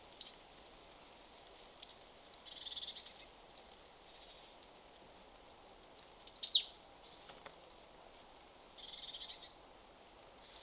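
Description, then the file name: Marsh tit calls: scattered single sharp high notes, then a tight cluster of three or four descending notes and one more single note at the end, with brief hissy rustling bursts and steady background noise. "Poecile palustris"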